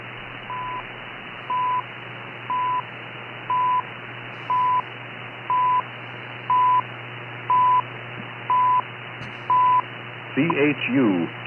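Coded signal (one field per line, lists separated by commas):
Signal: radio time signal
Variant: CHU Canada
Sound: ten short 1 kHz ticks once per second, then a voice begins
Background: radio static, low hum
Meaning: Each tone marks one second of atomic-clock time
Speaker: one of the signals that you might encounter on demands is this one [Music] c-h-u Canada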